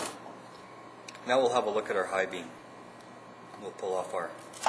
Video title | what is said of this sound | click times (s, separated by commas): FordExpiditionLightsSmall | it only goes in one way and then turn it clockwise and it clicks back into place | 1.1 s